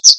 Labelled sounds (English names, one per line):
Chestnut-sided Warbler flight call